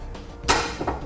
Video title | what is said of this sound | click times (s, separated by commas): etrailer - Installing the Blue Ox Base Plate Kit on your 2014 Honda CR-V | then automatically lock into place | 0.9 s